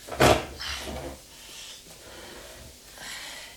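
A wooden chair standing by a bed scrapes sharply and creaks as it is shifted and sat on, one loud burst followed by a shorter drag, then faint rustling settles into quiet.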